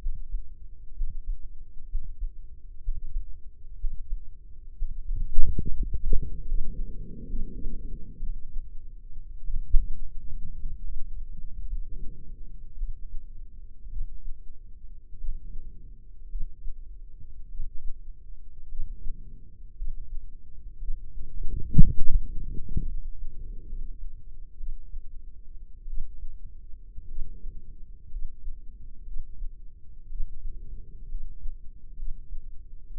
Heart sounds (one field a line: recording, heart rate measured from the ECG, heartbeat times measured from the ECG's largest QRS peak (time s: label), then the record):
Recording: heart sounds by microphone in the left ear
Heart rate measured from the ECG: 58 bpm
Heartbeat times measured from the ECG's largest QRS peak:
0.00 s: heartbeat
0.95 s: heartbeat
1.89 s: heartbeat
2.82 s: heartbeat
3.78 s: heartbeat
4.76 s: heartbeat
5.74 s: heartbeat
6.44 s: heartbeat
7.28 s: heartbeat
8.17 s: heartbeat
9.42 s: heartbeat
10.57 s: heartbeat
11.64 s: heartbeat
12.75 s: heartbeat
13.88 s: heartbeat
15.15 s: heartbeat
16.27 s: heartbeat
17.46 s: heartbeat
18.66 s: heartbeat
19.74 s: heartbeat
20.77 s: heartbeat
21.94 s: heartbeat
22.83 s: heartbeat
23.64 s: heartbeat
24.55 s: heartbeat
25.84 s: heartbeat
27.05 s: heartbeat
28.08 s: heartbeat
29.03 s: heartbeat
30.06 s: heartbeat
31.06 s: heartbeat
31.94 s: heartbeat
32.91 s: heartbeat
From the record:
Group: healthy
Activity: breath hold 0-4 s, rest 4-33 s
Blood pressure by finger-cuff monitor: 124/73 mmHg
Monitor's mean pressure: 95 mmHg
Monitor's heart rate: 56 bpm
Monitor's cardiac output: 5.8 L/min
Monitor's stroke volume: 99 mL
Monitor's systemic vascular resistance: 1100 dyn s/cm5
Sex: female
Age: 23 years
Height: 160 cm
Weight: 50.4 kg